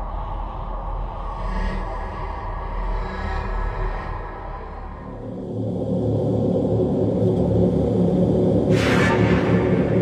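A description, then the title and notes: An alien spaceship atmosphere of low, constant rumbling and droning hum. The first half carries faint wavering tones, then around five seconds the drone swells louder and fuller, with a brief bright hiss rising near nine seconds. Alien Spaceship Atmosphere.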